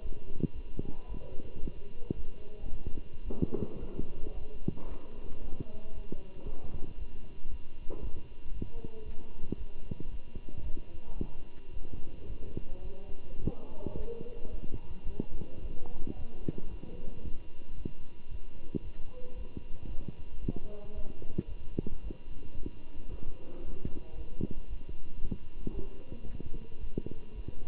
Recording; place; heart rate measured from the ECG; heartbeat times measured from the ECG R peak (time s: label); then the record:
heart sounds by stethoscope; between the tricuspid and mitral areas; 112 bpm
0.01 s: heartbeat
0.54 s: heartbeat
1.08 s: heartbeat
1.61 s: heartbeat
2.15 s: heartbeat
2.69 s: heartbeat
3.24 s: heartbeat
3.78 s: heartbeat
4.33 s: heartbeat
4.87 s: heartbeat
5.40 s: heartbeat
5.93 s: heartbeat
6.44 s: heartbeat
6.97 s: heartbeat
7.49 s: heartbeat
8.01 s: heartbeat
8.52 s: heartbeat
9.03 s: heartbeat
9.56 s: heartbeat
10.09 s: heartbeat
10.62 s: heartbeat
11.16 s: heartbeat
11.71 s: heartbeat
12.27 s: heartbeat
12.83 s: heartbeat
13.40 s: heartbeat
13.95 s: heartbeat
14.50 s: heartbeat
15.05 s: heartbeat
15.60 s: heartbeat
16.15 s: heartbeat
16.69 s: heartbeat
17.22 s: heartbeat
17.76 s: heartbeat
18.29 s: heartbeat
18.82 s: heartbeat
19.35 s: heartbeat
19.87 s: heartbeat
20.40 s: heartbeat
20.93 s: heartbeat
21.47 s: heartbeat
22.02 s: heartbeat
22.56 s: heartbeat
23.09 s: heartbeat
23.63 s: heartbeat
24.16 s: heartbeat
24.68 s: heartbeat
25.20 s: heartbeat
25.73 s: heartbeat
26.25 s: heartbeat
26.79 s: heartbeat
27.33 s: heartbeat
From the record:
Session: Bruce protocol treadmill stress test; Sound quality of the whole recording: good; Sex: male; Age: 23 years